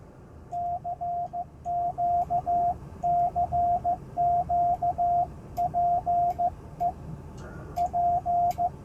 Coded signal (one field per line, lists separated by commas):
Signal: Morse code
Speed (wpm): 14 wpm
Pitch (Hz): 700 Hz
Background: radio noise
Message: CQ CQ PEP